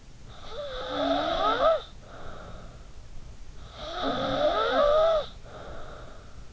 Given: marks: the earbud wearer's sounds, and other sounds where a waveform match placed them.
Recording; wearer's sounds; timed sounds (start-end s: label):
sounds in sleep by an in-ear microphone; snoring breath
0.12-3.09 s: snoring breath
3.32-6.52 s: snoring breath